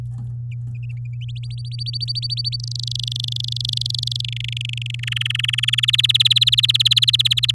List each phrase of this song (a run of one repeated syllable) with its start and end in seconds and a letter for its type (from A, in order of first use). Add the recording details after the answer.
1.21-2.56 A, 2.60-4.21 B, 4.24-5.00 C, 5.03-5.80 D, 5.83-7.51 E. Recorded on 11 May 2018 at 07:42. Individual llb16